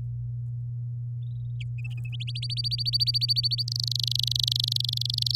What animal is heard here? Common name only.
Domestic Canary